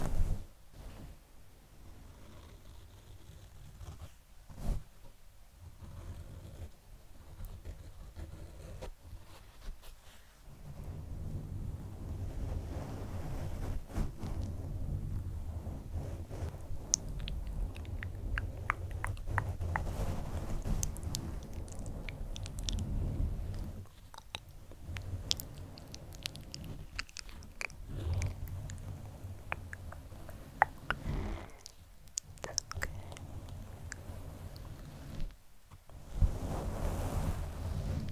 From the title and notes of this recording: ASMR SoftGentle Fluffy Mic Touching, Scratching, Plucking.